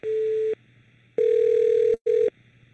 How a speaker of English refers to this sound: Awful lot of beeping and ringing. This doesn't sound promising for an answer.